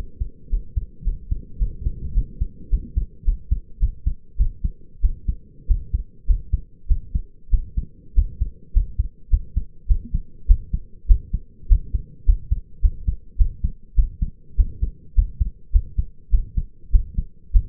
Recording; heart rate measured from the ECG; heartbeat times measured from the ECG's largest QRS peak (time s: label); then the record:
heart sounds by stethoscope; 102 bpm
0.49 s: heartbeat
1.04 s: heartbeat
1.58 s: heartbeat
2.14 s: heartbeat
2.70 s: heartbeat
3.25 s: heartbeat
3.80 s: heartbeat
4.37 s: heartbeat
5.02 s: heartbeat
5.67 s: heartbeat
6.27 s: heartbeat
6.88 s: heartbeat
7.51 s: heartbeat
8.15 s: heartbeat
8.73 s: heartbeat
9.30 s: heartbeat
9.88 s: heartbeat
10.47 s: heartbeat
11.08 s: heartbeat
11.69 s: heartbeat
12.26 s: heartbeat
12.82 s: heartbeat
13.38 s: heartbeat
13.96 s: heartbeat
14.57 s: heartbeat
15.15 s: heartbeat
15.72 s: heartbeat
16.31 s: heartbeat
16.92 s: heartbeat
17.53 s: heartbeat
From the record:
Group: healthy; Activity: cold pressor test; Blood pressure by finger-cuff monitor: 101/58 mmHg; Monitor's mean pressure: 72 mmHg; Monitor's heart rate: 103 bpm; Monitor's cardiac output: 7.2 L/min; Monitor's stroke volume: 69 mL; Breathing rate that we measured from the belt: 20 breaths a minute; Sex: male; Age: 22 years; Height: 181 cm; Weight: 60 kg